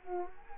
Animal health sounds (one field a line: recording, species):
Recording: mosquito wingbeat signal from an infrared sensor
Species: Culex quinquefasciatus